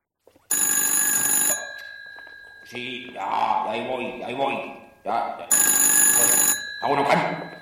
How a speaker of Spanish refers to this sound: O teléfono. Sí, que ya voy.